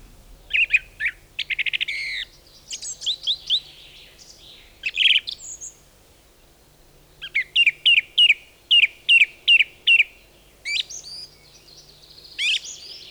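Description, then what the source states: European Robin song: varied high, tinkling phrases with a run of evenly repeated sharp notes in the second half, separated by short pauses. Common singer of spruce forests, usually in dense spruce branches; sings most eagerly at dusk and dawn, often from an exposed treetop.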